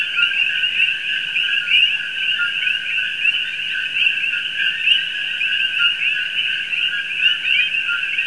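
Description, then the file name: Common coquí calls massed into an unbroken chorus, overlapping chirped notes at two pitches that pulse slightly in loudness throughout. "Coqui"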